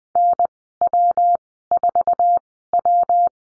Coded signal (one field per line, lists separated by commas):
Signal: Morse code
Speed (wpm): 20 wpm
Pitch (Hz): 700 Hz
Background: none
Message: NW4W